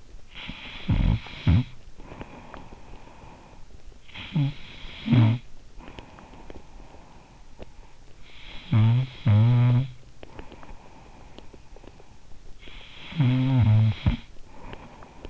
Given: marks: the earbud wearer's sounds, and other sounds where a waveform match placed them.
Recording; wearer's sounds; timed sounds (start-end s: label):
sounds in sleep by an in-ear microphone; snoring breath
0.00-15.30 s: snoring breath